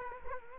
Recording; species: mosquito wingbeat signal from an infrared sensor; Culex quinquefasciatus